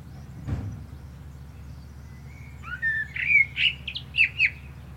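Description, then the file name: Common blackbird: after a soft thud, a series of clear fluty notes and squeaky high flourishes, over a faint hum. "Turdus merula"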